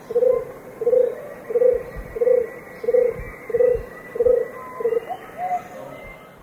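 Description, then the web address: Scarlet-crowned Barbet call: a series of low, even hoots at a steady pace, fading into weaker notes at the end, with a faint high tone behind. Recorded in the eastern lowlands of South America. "Natures Songs S America Eastern Lowlands. Scarlet-crowned Barbet"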